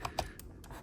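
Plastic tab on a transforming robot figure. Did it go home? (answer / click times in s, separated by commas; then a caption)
no / none. Someone tries to latch a plastic tab on a Fans Hobby Master Builder MB-21 Tsunami transforming robot figure into place up top, producing a few light plastic ticks at about 0.1 s and 0.2 s and fainter ones at 0.4 s and 0.6 s. The tab does not hold, so nothing has latched yet.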